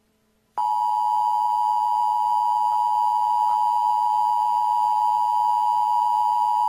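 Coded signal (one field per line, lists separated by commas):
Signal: Emergency Alert System (SAME) tones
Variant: 853 and 960 Hz attention tone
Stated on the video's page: Simulated EAS alert for a fictitious Halloween shooting at a Texas elementary school.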